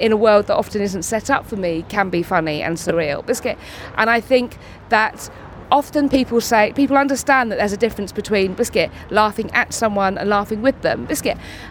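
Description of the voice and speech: Fluent, expressive adult female speech in a British accent, with the word 'biscuit' abruptly interjected three times mid-sentence: involuntary vocal tics of Tourette syndrome, a neurological condition causing uncontrollable movements and noises. Her tics began around age six and intensified in her early twenties.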